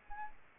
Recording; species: mosquito wingbeat signal from an infrared sensor; Anopheles arabiensis